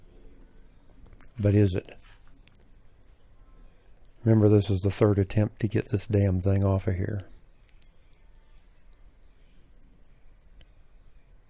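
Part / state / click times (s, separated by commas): crankshaft timing gear on an engine crankshaft / released / 7.8 s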